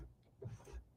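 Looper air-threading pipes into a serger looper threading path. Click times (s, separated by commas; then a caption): 0.4 s. The air-threading looper pipes on a serger are moved into the looper threading path until they lock into position, with a short, sharp click at 0.4 s amid faint mechanical handling sounds. The pipes are seated and locked in place, and the part no longer turns.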